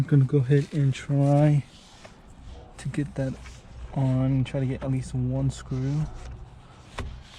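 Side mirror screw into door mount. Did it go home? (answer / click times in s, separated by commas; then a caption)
no / none. Someone talks while fitting a Spoon-style carbon fiber side mirror onto the door of a 1998 Honda Civic EK hatch (96–00 generation), holding a screwdriver and trying to get at least one mounting screw to engage in the door mount. A short sharp tap is heard at about 7.0 s, but nothing has seated or clicked into place yet.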